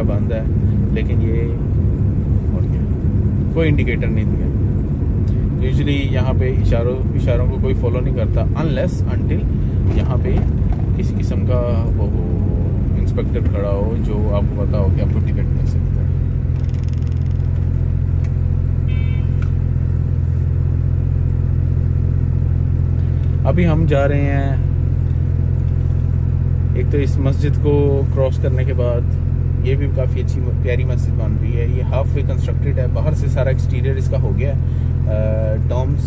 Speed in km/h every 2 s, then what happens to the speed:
22, 22, 21, 21, 21, 21, 19, 13, 0, 0, 0, 0, 0, 0, 0, 0, 0, 0.
0-13 steady at about 21. 13-16 brakes to 0. 16-36 standing.